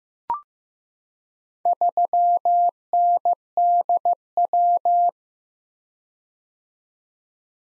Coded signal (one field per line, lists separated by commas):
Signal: Morse code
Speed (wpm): 15 wpm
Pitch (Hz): 700 Hz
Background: none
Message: 3NDW